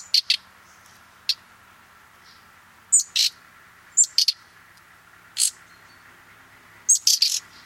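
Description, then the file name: Common nightingale calling with brief harsh ticks and thin whistles, repeated in separated clusters every second or two, over a constant background hiss. "Luscinia megarhynchos"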